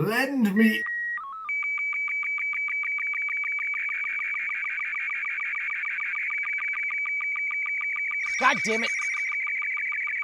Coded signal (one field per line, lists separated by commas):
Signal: SSTV (slow-scan television)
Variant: Robot 36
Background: speech